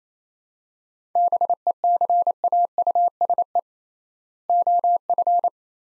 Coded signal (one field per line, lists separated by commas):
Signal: Morse code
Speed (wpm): 28 wpm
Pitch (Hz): 700 Hz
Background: none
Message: BECAUSE OF